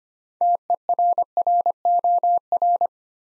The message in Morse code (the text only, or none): TERROR